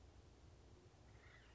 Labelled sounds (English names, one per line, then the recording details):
Acorn Woodpecker
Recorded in Sonoma County, California